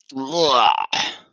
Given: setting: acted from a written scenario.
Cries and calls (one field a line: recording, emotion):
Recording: vocal sound without words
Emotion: disgust